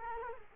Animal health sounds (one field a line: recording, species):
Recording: mosquito wingbeat signal from an infrared sensor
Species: Culex quinquefasciatus